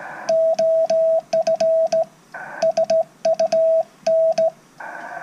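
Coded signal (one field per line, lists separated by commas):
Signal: Morse code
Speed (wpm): 16 wpm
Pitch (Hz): 650 Hz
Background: radio noise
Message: OF SUN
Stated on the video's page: CQ call in Morse; the grid locator begins with KG.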